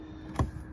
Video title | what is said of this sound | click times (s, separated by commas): 2010+ Kawasaki Concours 14 air filter change procedure | And when you hear it click, the center of it's recessed. | 0.4 s